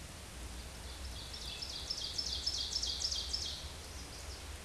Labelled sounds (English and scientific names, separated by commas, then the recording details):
Ovenbird (Seiurus aurocapilla) song
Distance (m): 35 m
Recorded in a Pennsylvania forest on 17 May 2023 at 14:08
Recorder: AudioMoth, point grid1_6_low
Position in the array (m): 163 m, 55 m